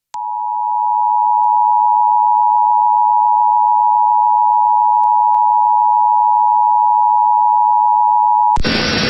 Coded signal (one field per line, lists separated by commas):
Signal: Emergency Alert System (SAME) tones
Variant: 853 and 960 Hz attention tone